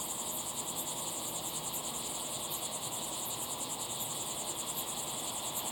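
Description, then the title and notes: Cricket chirps pulse rhythmically in a high band, several per second, over a continuous layered insect drone. Crickets chirping at sunset in the Timanfaya pyroclastic desert, Lanzarote; field-recorded with ambisonic equipment, converted to binaural audio with simulated slow head movements. "listen to the crickets at sunset in the incredible Timanfaya pyroclastic desert on the island of Lanzarote"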